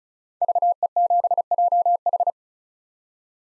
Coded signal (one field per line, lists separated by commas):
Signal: Morse code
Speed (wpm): 34 wpm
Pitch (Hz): 700 Hz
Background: none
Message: VE7JH